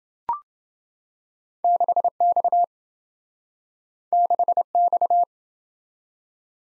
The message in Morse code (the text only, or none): 6X 6X